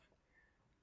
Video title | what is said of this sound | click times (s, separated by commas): Dicas de instalação ECU Pro Tune PR-4 | Feita a inserção, vou ouvir um clique, tá | 0.2 s